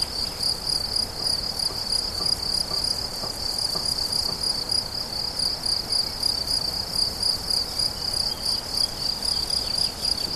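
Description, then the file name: Cricket singing, a steady high pulsed trill repeating about three to four times a second, with a faint second band higher up and soft background noise. Crickets recorded 17 July 2013 at La Fortiche on an MZ-N710 recorder. "mz-n 710 grillons la fortiche 17 07 13"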